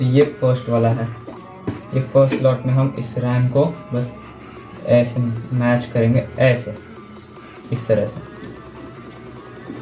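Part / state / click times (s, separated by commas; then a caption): DDR4 memory module into motherboard DIMM slot / not seated / none. A DDR4 memory module is being lined up with the first DIMM slot on a motherboard, its notch matched to the slot before it is pressed home, while someone talks over background music. Nothing has seated or clicked yet.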